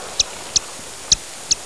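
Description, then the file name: Brown long-eared bat echolocation calls: four short, clicky high pulses at uneven gaps of roughly half a second, over faint background hiss. "plecauri"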